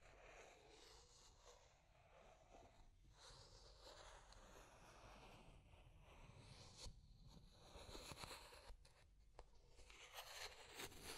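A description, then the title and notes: Deep scratching runs without pause, a dense, rough rasping with a heavy low rumble beneath a brighter hiss. Sharp scrapes and clicks punctuate it, notably near seven seconds and more often after eight, when the sound grows slightly louder and busier. Deep Scratching. (No Talking).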